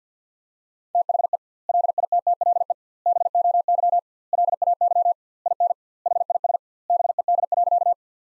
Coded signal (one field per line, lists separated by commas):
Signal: Morse code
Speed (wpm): 50 wpm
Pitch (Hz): 700 Hz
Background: none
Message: THE LITTLE BOY LAY IN HIS BED.